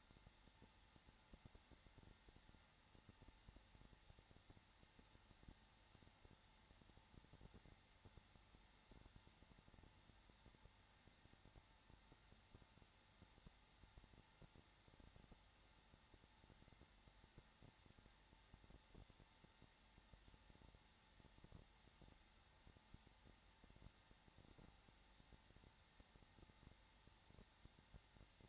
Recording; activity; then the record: daily activity, microphone in the room; no activity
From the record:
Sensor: 3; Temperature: 21.3 degrees Celsius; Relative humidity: 33.3%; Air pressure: 994.5 hPa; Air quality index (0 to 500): 168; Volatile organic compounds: 3 ppm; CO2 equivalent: 1459 ppm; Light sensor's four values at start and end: 2/3/2/2 and 2/3/2/2